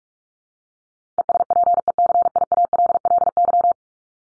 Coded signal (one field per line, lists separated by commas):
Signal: Morse code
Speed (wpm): 44 wpm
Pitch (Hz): 700 Hz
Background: none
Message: ESPECIALLY